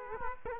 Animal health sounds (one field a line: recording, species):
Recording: mosquito wingbeat signal from an infrared sensor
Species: Aedes aegypti